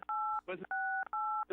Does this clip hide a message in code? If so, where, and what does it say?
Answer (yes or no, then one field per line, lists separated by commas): yes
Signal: DTMF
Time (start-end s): 0.1-1.4 s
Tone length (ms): 340 ms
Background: speech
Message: 868